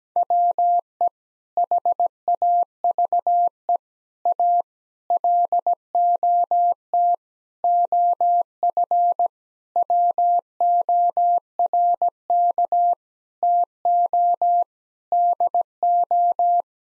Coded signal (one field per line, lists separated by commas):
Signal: Morse code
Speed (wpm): 17 wpm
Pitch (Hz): 700 Hz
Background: none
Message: WE HAVE A LOT OF WORK TO DO